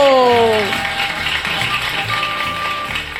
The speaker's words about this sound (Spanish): Recibamos con un fuerte aplauso a ….